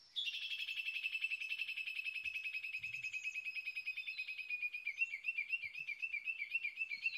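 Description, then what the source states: Japanese bush warbler calling in a long, rapid, wavering series of repeated high notes that runs for several seconds without pause. Recorded 22 May 2011 at 05:58.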